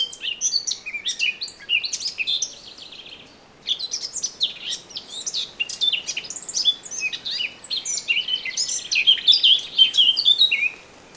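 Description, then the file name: Eurasian blackcap warbling in long, hurried phrases of varied high notes, with a brief pause early on before the song resumes. "Sylvia atricapilla"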